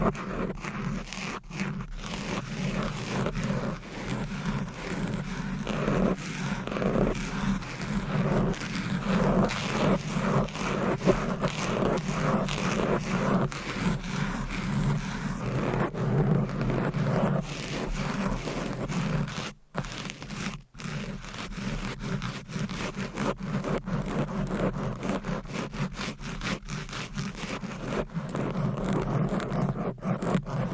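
Long nails scratch fast and hard across a microphone, making a dense, continuous rasping with a low rumbling body beneath it. The scraping keeps a quick, busy rhythm for the whole stretch, broken by two brief near-silent gaps at about 19 and 21 seconds.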